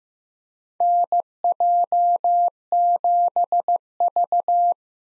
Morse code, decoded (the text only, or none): NJ7V